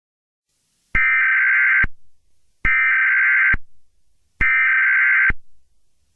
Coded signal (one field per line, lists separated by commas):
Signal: Emergency Alert System (SAME) tones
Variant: header bursts